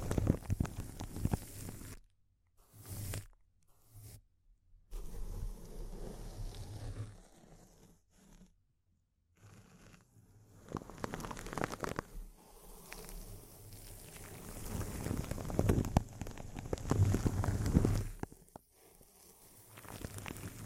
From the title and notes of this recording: ASMR Intense Close-Up Crinkles (No Talking).